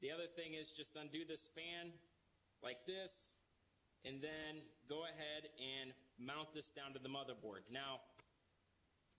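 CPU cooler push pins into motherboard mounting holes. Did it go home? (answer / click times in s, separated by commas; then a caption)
yes / 8.2 s, 9.1 s. A stock CPU cooler with thermal paste already applied is pressed down onto a motherboard while someone talks. Its plastic push pins snap into the mounting holes with sharp clicks at 8.2 and 9.1 seconds, and the cooler is seated.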